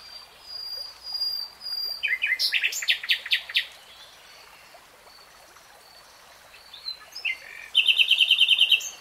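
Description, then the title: Nightingale song with loud rattling, stacked trills, a pause, then a rapid series of sharp repeated notes; steady background hiss. From a 3-hour real-time recording. "[Tiếng chim hót] REALTIME Nightingale Singing"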